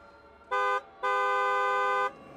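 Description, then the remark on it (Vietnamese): A loud horn blares twice from a truck rushing toward a person lying in the middle of the road: a short blast followed by a longer sustained one, with a bright, brassy, steady tone and no voices. “Có tiếng kèn xe tải rất lớn đang lao tới.”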